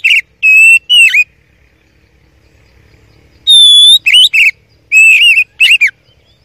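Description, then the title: Oriental magpie-robin delivering clear whistled phrases with wavering slurs, a quiet gap, then a long pure whistle and more looping notes. Champion (juara) song, used to teach other songbirds (masteran). "Masteran Kacer Juara"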